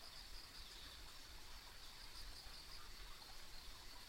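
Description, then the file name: Insect trilling, a constant high ringing with a few distinct chirp bursts, backed by a low continuous rumble. Ambient insect sounds on a rural country road. "田舎道の虫の環境音"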